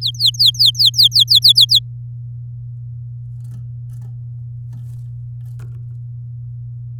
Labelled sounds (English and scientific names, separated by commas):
Domestic Canary (Serinus canaria) song